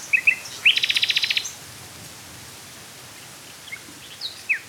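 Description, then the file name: Common nightingale song: a few sharp notes leading into a fast rattling trill of about ten pulses, then scattered soft high notes over a steady hiss. "Luscinia megarhynchos"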